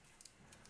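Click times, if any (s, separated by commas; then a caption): none. A plastic piece is pushed onto the head of a snap-together Zeko Spinosaurus dinosaur model, making a few faint, short plastic ticks and taps over a quiet background. The piece has not clicked into place yet.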